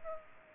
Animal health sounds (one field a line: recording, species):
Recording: mosquito wingbeat signal from an infrared sensor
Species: Culex pipiens